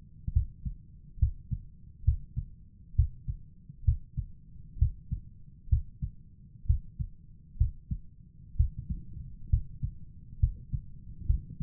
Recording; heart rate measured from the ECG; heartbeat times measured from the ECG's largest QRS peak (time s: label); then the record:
heart sounds by stethoscope; 66 bpm
0.33 s: heartbeat
1.19 s: heartbeat
2.04 s: heartbeat
2.95 s: heartbeat
3.84 s: heartbeat
4.78 s: heartbeat
5.69 s: heartbeat
6.66 s: heartbeat
7.57 s: heartbeat
8.56 s: heartbeat
9.49 s: heartbeat
10.39 s: heartbeat
11.26 s: heartbeat
From the record:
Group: healthy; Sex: male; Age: 35 years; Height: 178 cm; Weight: 64 kg